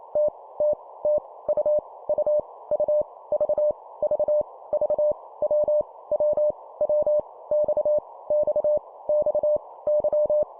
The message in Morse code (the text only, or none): T T T U U U V V V W W W X X X Y